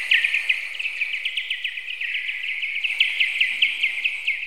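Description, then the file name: Bird song of continuous rapid high chirps, evenly sustained throughout. "Linnut"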